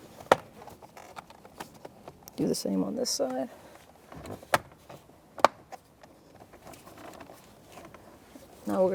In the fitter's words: with the grooves like that will click right into place